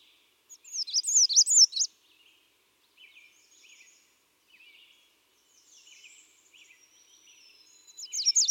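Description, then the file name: American redstart song: a loud burst of high, jittery zigzag notes near the start, softer chirps in between, then a similar bright phrase at the end. "Setophaga ruticilla - American Redstart"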